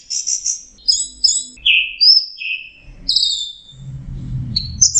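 Orange-headed thrush song: high trilled notes and sweet descending whistles in quick succession, with some low rustling noise toward the end.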